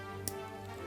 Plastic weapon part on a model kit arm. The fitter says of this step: and then you can just pop it out